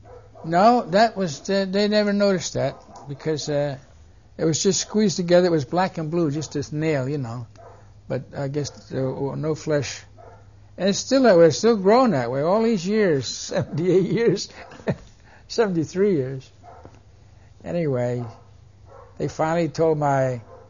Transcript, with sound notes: No that was, they never noticed that because uh, it was squeezed together, it was black and blue, just this nail, you know, but I guess no flesh, it's still not very, it's grown that way all these years, seventy-eight years, (he laughs) seventy-three years. Anyway they finally told my,